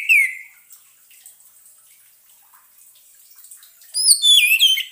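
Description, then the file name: Orange-headed thrush: a short whistled note opens, then quiet, then a rapid flourish of high sliding whistles near the end. Used as a lure sound, intended to keep the bird from becoming stressed. "suara pancingan burung anis merah agar tidak stress"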